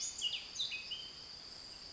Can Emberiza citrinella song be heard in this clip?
no